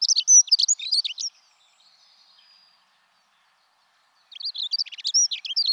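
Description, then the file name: Dunnock singing two quick, high warbling phrases of jumbled rapid notes, separated by a pause of near silence. "Accenteur mouchet"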